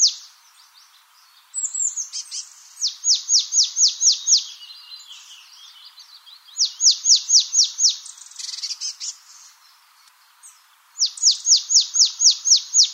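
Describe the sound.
Marsh tit calling in repeated rapid bursts of sharp, downslurred chipping notes, with softer twittering notes in between.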